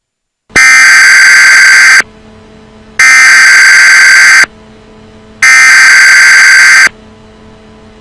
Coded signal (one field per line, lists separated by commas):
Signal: Emergency Alert System (SAME) tones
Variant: header bursts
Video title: Emergency Alert System Zombie Attack